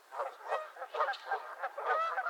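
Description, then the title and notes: Goose: geese giving a rapid run of overlapping nasal honks, a brief busy burst of squabbling. Squabbling geese at Miner's Marsh, Annapolis Valley, Nova Scotia. "Theraphonia - Geese at Miner's Marsh. Geese squabbles at Miner's Marsh, Annapolis Valley, Nova Scotia"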